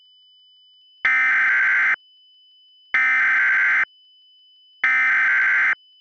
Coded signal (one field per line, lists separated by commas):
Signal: Emergency Alert System (SAME) tones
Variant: header bursts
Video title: EAS Scenario: 2:14 AM